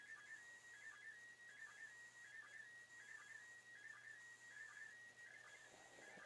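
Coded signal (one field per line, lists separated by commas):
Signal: SSTV (slow-scan television)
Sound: warbling high tone around 2 kHz with a regular chirpy blip under a second apart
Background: radio static, low hum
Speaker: Still nice strong signal.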